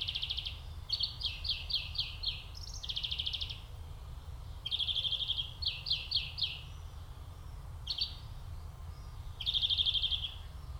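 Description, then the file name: European Greenfinch producing a run of rapid buzzy trills and short chattering pulse groups, a steady low rumble underneath. "Chloris chloris"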